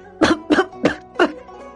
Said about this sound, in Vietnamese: Ho cái gì mà ho